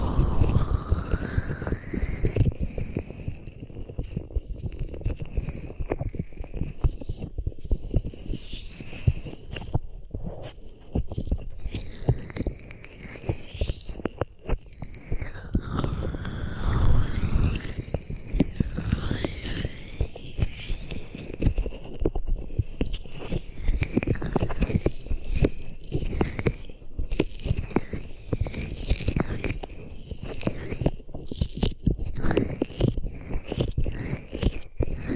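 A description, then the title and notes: Hands rub right up against the microphone in a dense, continuous stream of close, muffled friction, with deep thumping swells and brighter swishing strokes on top. The rubbing holds a steady pace throughout, with brief quieter dips around 5 and 15 seconds. ASMR Rubbing Your Ears in My Hands Sensitive, Close Up Triggers (No Talking).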